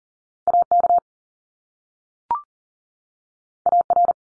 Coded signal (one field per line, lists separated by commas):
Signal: Morse code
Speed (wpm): 42 wpm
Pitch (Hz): 700 Hz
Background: none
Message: AK AR